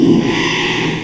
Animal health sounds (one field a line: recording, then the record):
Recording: squeal of a Yucatan mini pig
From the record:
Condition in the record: after surgery on the right vocal fold (resection and tissue-engineered implant)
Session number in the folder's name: 1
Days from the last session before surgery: 6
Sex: male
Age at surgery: 12 weeks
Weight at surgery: 13 kg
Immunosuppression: cyclosporine, prednisolone